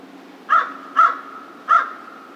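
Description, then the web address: American crow giving three harsh, hoarse caws, the first two about half a second apart and the third after a longer gap. Recorded 2 March 2010. "Crow 2010 03 02 American Crow"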